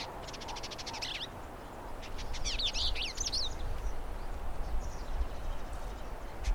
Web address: Indigobird Song Vidua funera